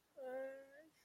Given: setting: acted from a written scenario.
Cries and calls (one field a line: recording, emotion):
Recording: vocal sound without words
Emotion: distress